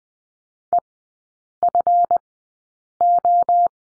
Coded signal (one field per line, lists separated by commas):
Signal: Morse code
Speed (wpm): 20 wpm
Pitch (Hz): 700 Hz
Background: none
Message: EFO